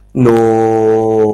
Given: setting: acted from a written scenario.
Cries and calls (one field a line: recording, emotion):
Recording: vocal sound without words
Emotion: disappointment